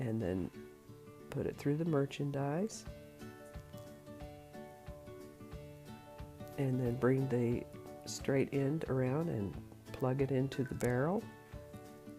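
Someone talks over background music while a three-inch plastic security loop is threaded through a hang tag and the merchandise, then moved into position as its barbed end is brought around toward the barrel. Nothing has seated or clicked yet.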